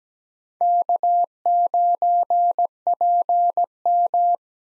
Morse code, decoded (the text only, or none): K9PM